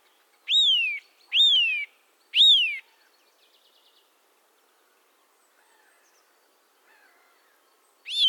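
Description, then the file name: Eurasian nuthatch giving three swooping whistles about a second apart, then a faint short series of notes and a long, mostly quiet pause before one more whistle begins at the end. "Sitta europaea"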